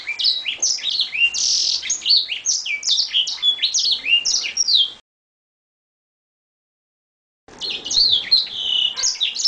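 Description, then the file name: Edel Sanger song: a rapid, jumbled run of high chirps, trills and quick rising and falling whistled notes, broken by a silent pause midway. Original song (lagu asli). "edel-sanger-lagu-asli-1-omkicau"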